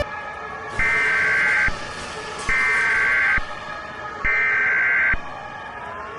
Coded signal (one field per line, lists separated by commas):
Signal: Emergency Alert System (SAME) tones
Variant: header bursts